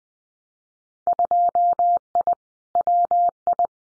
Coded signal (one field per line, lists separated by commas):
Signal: Morse code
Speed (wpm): 19 wpm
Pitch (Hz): 700 Hz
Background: none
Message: 2I WI